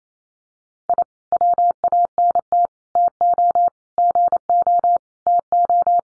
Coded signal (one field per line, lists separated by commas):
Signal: Morse code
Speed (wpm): 28 wpm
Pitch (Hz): 700 Hz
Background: none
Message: I WANT TO GO TO